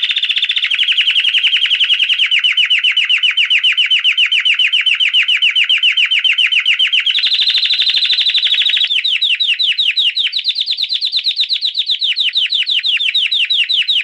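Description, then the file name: Canary song: long rapid trills of repeated notes, a steady rolling tour that shifts abruptly to a higher trill near the eighth second, then descending slurred notes. "Canary Singing"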